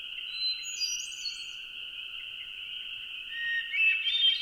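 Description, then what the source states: Hermit Thrush song: two clear, fluty phrases over a steady, continuous high chorus of spring peepers. Lone male, calling and singing at dusk in early June, Adirondack Mountains, upstate New York; distant spring peeper chorus in background.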